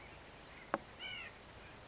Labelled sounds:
White-breasted Nuthatch
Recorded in Sonoma County, California

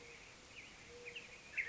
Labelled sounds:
Mourning Dove
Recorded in Sonoma County, California

